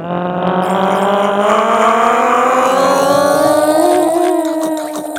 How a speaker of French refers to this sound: Il dit que l'avion qui vient de décoller est un Boeing 535